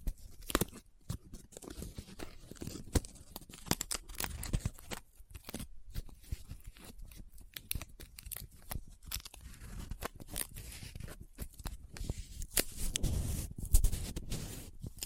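Paper is folded, rubbed and crinkled in irregular bursts of crisp, scratchy crackles with brief pauses, and a denser, louder rustle near thirteen seconds.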